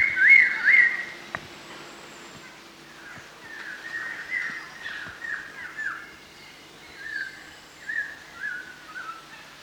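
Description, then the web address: Chestnut-hooded laughingthrush calling with loud whistled, slurred notes at the start, then a quieter run of short descending whistles over a steady low hum. Recorded at Danum on 1 March 2008. "DANUM 20080301. chestnut-hooded laughing-thrush"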